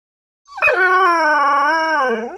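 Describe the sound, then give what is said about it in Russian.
An animal in a forest lets out a single loud, sustained howl lasting about two seconds as the sun sets, its steady mid pitch wavering slightly before sliding downward as it cuts off. No other sounds accompany it. “поспешно оборвала свой вой и затравленно оглянулась в поиске крупных хищников.”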